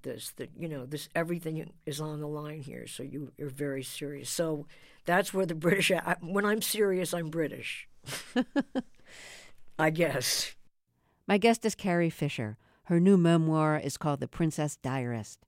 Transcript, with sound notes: that, you know, this - everything is on the line here. So you - you're very serious. So that's where the British - when I'm serious, I'm British.
(Laughter).
I guess.
My guest is Carrie Fisher. Her new memoir is called "The Princess Diarist."